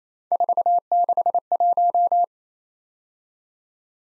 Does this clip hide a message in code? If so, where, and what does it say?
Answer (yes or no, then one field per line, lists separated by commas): yes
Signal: Morse code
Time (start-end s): 0.3-2.2 s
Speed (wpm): 33 wpm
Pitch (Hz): 700 Hz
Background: none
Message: 461